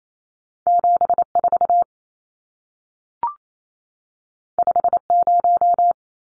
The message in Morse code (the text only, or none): 74 50